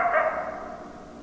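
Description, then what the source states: Coyote howl, a short harmonic cry that slides gently downward and fades out over about a second. Several coyotes, recorded 10 December 2012.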